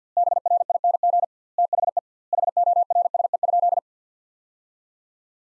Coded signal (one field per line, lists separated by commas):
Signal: Morse code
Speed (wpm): 50 wpm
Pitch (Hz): 700 Hz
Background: none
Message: BRING THE HORSE?